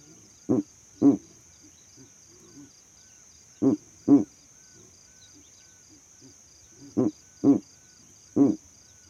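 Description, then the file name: Owl giving short, low hoots, mostly in pairs, seven in all at irregular intervals, with a constant thin hiss in the background. Owl calls at night. "Elijah Wagner - Calming Owl Calls at Night"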